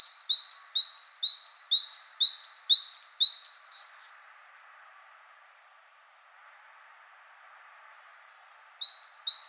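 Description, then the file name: Great tit giving rapid, regular two-note phrases, high then lower, about twice a second for four seconds; a pause follows, then the same phrase resumes at the end. "Parus major"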